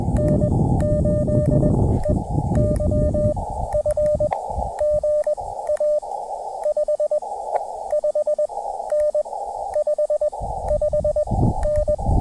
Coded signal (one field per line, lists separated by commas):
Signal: Morse code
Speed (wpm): 20 wpm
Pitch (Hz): 590 Hz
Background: radio noise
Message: N8EYF GA 55N 55N